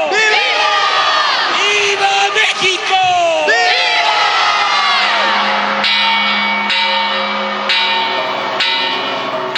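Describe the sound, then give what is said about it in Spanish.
Loud bells, shaken and swung by President López Obrador in Mexico, clang repeatedly with ringing, sustained tones over a roaring crowd that cheers and shouts throughout, the bell strikes rising sharply above the din. “Escuchábamos recién a López Obrador y las campanas que estaban sonando son él, ¿no? Sacudiendo una soga, ¿no?”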